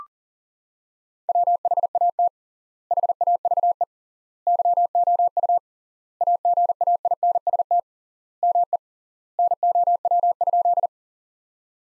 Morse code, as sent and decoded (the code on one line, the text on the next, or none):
.-- .... .- - / .... .- ...- . / -.-- --- ..- / .- --. .- .. -. ... - / -- . / -. --- .-- ..--..
WHAT HAVE YOU AGAINST ME NOW?